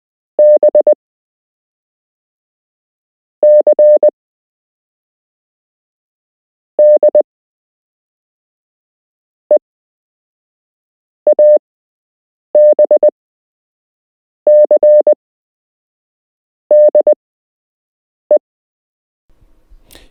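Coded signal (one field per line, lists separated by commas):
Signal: Morse code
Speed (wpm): 20 wpm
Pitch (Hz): 600 Hz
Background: none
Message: B C D E ABCDE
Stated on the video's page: Beginner Morse code lesson with real Morse code to learn, part 1 of 8.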